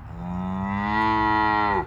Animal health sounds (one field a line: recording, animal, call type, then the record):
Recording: contact call of a hoofed animal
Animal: cattle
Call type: low-frequency (closed-mouth) or high-frequency (open-mouth) call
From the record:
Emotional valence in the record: negative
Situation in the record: full separation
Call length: 1.88 s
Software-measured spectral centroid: 1350 Hz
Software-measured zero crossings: 1420 a second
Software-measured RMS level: -24 dBFS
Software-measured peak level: -10 dBFS